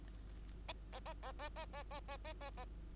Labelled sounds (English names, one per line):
Bengalese Finch song